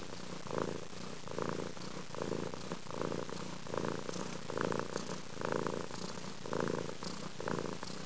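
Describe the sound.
Cat purring steadily, a low rumbling vibration swelling and easing with each breath, roughly once a second throughout.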